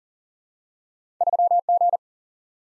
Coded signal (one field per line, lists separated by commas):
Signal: Morse code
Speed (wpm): 40 wpm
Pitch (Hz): 700 Hz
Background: none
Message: 3 G